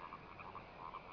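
Frog croaks, a soft series of short pulses over a steady hiss, repeating several times within a second.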